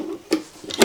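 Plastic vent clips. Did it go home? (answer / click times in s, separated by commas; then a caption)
no / none. The clips of a magnetic dryer vent quick-release connector are handled over the four latches on the mating ring. Short, sharp handling knocks are heard at about 0.3 s, 0.7 s and 0.8 s. Nothing has seated or clicked yet.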